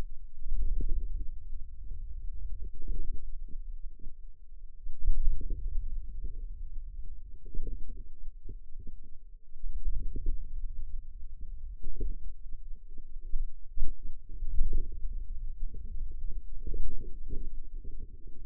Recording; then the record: forearm muscle sounds (acoustic myography)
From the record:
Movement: hand closing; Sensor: system 2, bracelet of six BSWA MPA416 microphones around the upper forearm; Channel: 5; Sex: female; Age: 21 years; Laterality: right